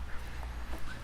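A replacement UV lamp bulb is handled at the lamp socket of a pond pressure filter UV unit, being pushed toward its socket. Only low rumble and faint handling noise are heard, with no distinct click. Nothing has seated or clicked yet.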